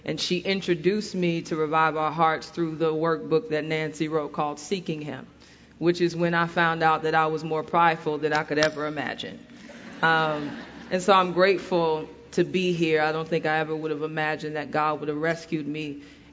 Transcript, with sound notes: She introduced me to Revive Our Hearts through the workbook that Nancy wrote called Seeking Him, which is when I found out that I was more prideful than I could ever imagine. (laughter) I’m grateful to be here. I don’t think I would ever have imagined that God would rescue me and